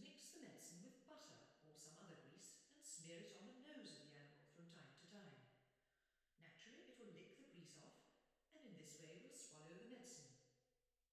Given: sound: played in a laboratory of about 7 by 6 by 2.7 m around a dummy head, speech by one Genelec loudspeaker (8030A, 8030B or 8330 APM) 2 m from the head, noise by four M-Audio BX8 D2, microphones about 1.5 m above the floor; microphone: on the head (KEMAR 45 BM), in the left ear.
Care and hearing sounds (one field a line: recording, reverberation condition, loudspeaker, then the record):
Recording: female speech in English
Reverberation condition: high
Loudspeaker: 30 degrees to the right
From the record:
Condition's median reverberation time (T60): about 1300 ms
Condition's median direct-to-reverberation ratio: about -4.0 dB